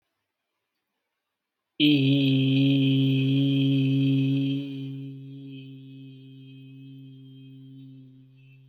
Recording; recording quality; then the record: sustained vowel as in beet; excellent, no background noise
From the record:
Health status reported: healthy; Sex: male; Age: 35 years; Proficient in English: no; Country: India